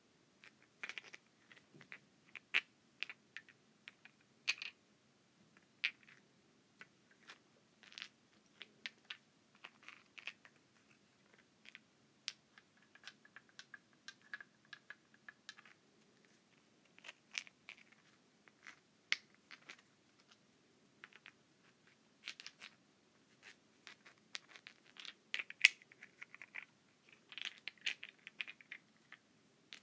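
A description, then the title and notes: Rocks rub and click against each other in quick, irregular bursts of sharp bright taps, with a soft low scraping underneath throughout. ASMR Rock Rubbing.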